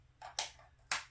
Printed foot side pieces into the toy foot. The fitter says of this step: If you put them on backwards, when you try to put the back on, it won't work. They snap into place